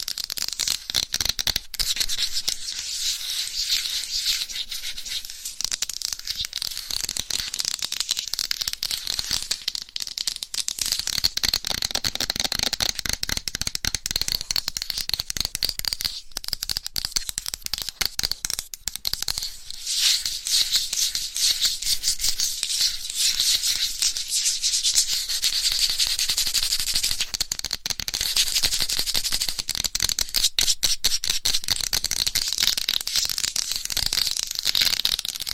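Fast, aggressive scratching of mic covers with nails, a dense, bright, crackling rasp that runs almost without pause, briefly dipping around 16 and 19 seconds.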